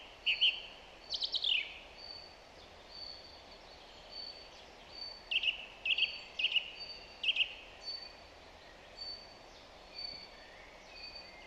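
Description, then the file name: Song thrush singing: high, clipped phrases, each repeated two or three times in a row, with short pauses between groups and faint high whistles behind. "Zanglijster Turdus philomelos"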